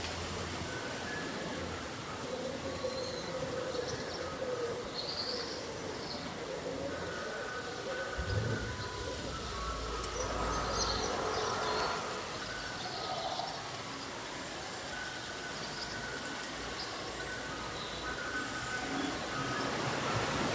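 Rustling leaves make a steady, dense hiss under scattered calls of local birds: mid-pitched whistles and higher chirps that come and go, busier from about ten seconds on. A low rumble, like a passing vehicle, swells briefly around eight seconds.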